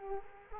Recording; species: mosquito wingbeat signal from an infrared sensor; Culex quinquefasciatus